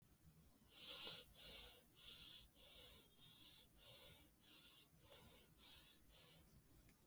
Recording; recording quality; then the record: shallow breathing; excellent, no background noise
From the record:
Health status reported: healthy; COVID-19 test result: negative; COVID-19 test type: RT-PCR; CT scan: not taken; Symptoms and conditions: none ticked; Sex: female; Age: 30 years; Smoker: no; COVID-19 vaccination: one dose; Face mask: not worn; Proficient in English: yes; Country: India